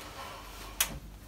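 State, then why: Seated. The swivelling headstock of a Coronet Envoy/Regent woodturning lathe is swung back from the outboard position to its locating position on the lathe bed. A single sharp click is heard at 0.8 s as the bearings click in and the head seats into position, followed by a short low ring that fades by about 1.0 s.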